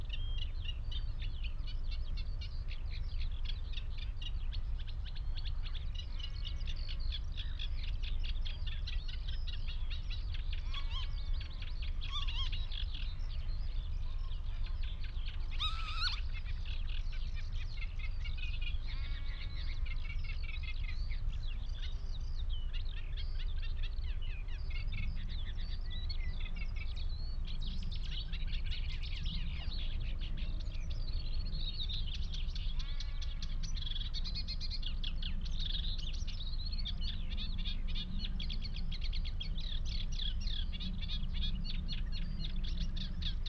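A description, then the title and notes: Lapwings, redshank and Cetti's warblers call in a dense, overlapping chorus of bright chirps and whistles over a steady low rumble. The Hoo Peninsula is a vast open landscape on the Thames Estuary. The mics (recording alone) were lodged in a hawthorn tree on Higham Marshes nature reserve and pointed out over a watery marsh. Close to the mics lapwings, redshank and cetti's warblers call, as well as geese and ducks that are familiar sounds to us urban dwellers. Skylarks circle above the farmland straight ahead on the other side of the marsh.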